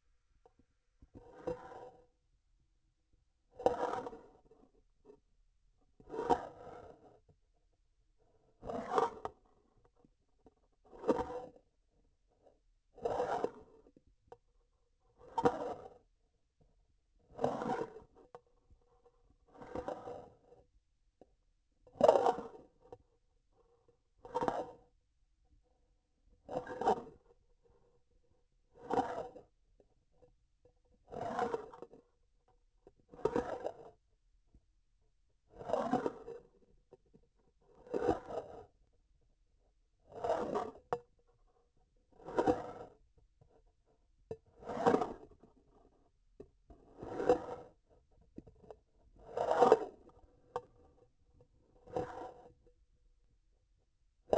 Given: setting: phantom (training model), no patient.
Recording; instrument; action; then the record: laparoscopic instrument, vibration sensor on the handle end; grasping forceps; approaching and retracting movements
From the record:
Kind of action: spatial motion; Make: Olympus